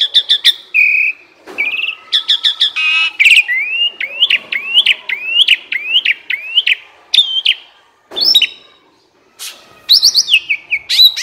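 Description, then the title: Asian pied starling song: loud rapid series of sharp rising whistles and clicks, repeated in quick runs, with brief pauses and a harsh burst near the start. Training recording (masteran) meant to make birds that sing too little, sluggish or lethargic sing more actively. "Masteran Jalak Suren. Burung KURANG GACOR Dan LOYO"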